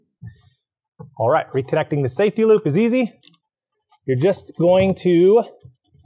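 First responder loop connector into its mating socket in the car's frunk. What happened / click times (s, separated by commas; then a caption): Handled, not yet home: no seating click before the clip ends / none. Someone talks while handling the small plastic first responder (high-voltage safety) loop connector of a Tesla Model Y, about to push it back into its mating socket in the car's frunk during a 12V battery installation. Only speech and a few faint short ticks are heard. Nothing has seated or clicked yet.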